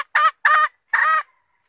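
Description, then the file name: Red junglefowl hen giving a few harsh call notes, the last one longer and slightly drawn out. Female red junglefowl (hen) calling to find a mate. "tieng ga rung mai keu tim kiem ban tinh"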